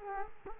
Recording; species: mosquito wingbeat signal from an infrared sensor; Culex quinquefasciatus